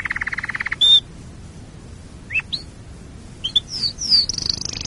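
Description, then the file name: Canary song fragment: a brief low trill, then scattered short chirps and sweeps, ending in a high trill. "canarysong omkicau"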